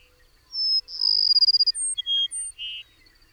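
Bird song opening with a clear high whistle, rolling into a rapid trill, then thin very high notes and a final buzzy lower note.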